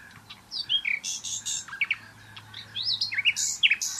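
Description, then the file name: Common nightingale singing a varied run of sharp chirps, slurred whistles and short trills in irregular bursts, with a faint low hum underneath. "Luscinia megarhynchos"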